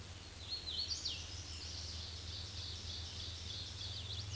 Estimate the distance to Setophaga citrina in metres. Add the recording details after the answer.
about 40 m. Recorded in a Pennsylvania forest on 18 May 2023 at 07:29. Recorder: AudioMoth, point grid1_27_low. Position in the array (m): 137 m, 88 m